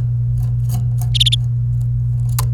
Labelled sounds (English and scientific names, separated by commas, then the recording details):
Domestic Canary (Serinus canaria) song
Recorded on 28 April 2018 at 11:33
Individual llb3